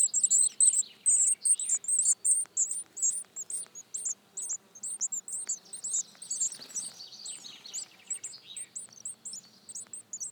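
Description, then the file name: Eurasian Blue Tit calling with dense, high, sibilant notes in quick runs, several notes overlapping at times, softening and thinning toward the end. "Cyanistes caeruleus"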